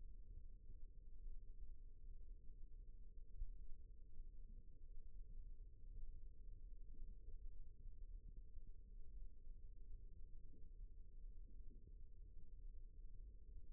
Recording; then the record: forearm muscle sounds (acoustic myography)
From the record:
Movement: rest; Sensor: system 1, eight BSWA MPA416 microphones around the upper forearm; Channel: 3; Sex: female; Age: 21 years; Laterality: right